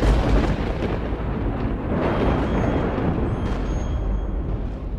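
thunder

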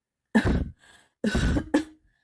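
dry cough

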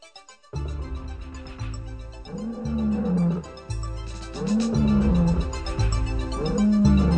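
lions roaring

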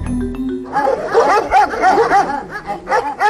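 dogs barking

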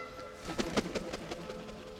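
geese honking

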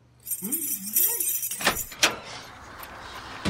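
keys jangling

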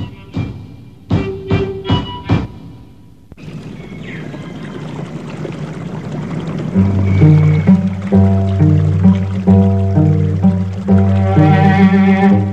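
river water flowing

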